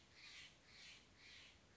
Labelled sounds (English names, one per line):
Steller's Jay